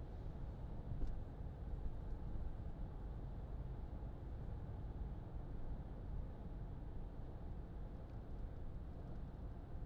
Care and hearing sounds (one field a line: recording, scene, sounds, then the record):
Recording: everyday scene through a hearing-aid microphone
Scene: in a vehicle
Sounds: engine, traffic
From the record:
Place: Berlingo II, diesel engine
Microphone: in the ear canal, left